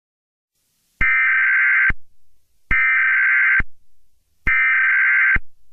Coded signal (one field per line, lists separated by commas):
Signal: Emergency Alert System (SAME) tones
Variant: header bursts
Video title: EAS Scenario #2: What Lurks In The Dark